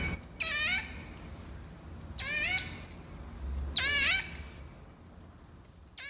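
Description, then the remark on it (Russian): High, thin whistling contact calls of animals living in family groups, calling to each other to signal where they are, found food or danger, come in three bursts, each a rapid run of sharp descending chirps followed by a long, steady piercing whistle, with no voices present. “Они издают такие высокие, похожие на свист, крики, чтобы общаться друг с другом и сообщать друг другу о том, где они находятся, о том, например, что они нашли где-то еду, или предупредить других об опасности.”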